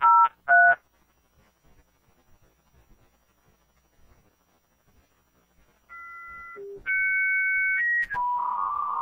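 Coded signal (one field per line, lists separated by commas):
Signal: dial-up modem handshake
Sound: two dial beeps, pause, then paired steady tones, a brief low tone, then hissing data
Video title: Sound of the dialup modem explained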